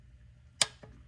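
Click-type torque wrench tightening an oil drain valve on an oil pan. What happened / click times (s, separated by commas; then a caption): Torque wrench clicks at its set torque / 0.6 s. A click-type torque wrench tightens a Fumoto oil drain valve on the oil pan of a 2022–2023 Kia Sorento Plug-in Hybrid PHEV during an oil change. A single sharp, bright click is heard at 0.6 s, followed by a fainter tick at 0.8 s over low background hum. The wrench clicks at its 25 foot-pound setting, confirming the valve is tightened and fully sealed, so no further tightening is needed.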